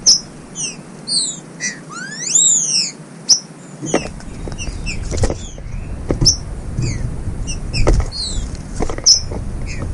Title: Canto De Trinca Ferro Voz. incrível TRINCA FERRO MACHEANDO, ESQUENTA MUITO